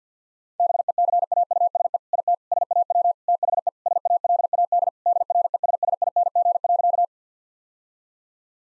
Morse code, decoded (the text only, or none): BECAUSE IT SAW THE SALAD DRESSING.